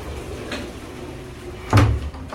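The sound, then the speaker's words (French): A door being opened: a soft click of the latch, then a heavier wooden clunk with a low thump as it swings, over quiet background hiss and no voices. “Bah alors, ouvre-moi la porte.”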